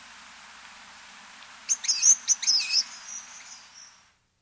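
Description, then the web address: Blue-and-gold Tanager uttering a single brief flurry of high-pitched, squeaky chirps, fading out afterward into quiet. South America. "Natures Songs S America Blue-and-gold Tanager"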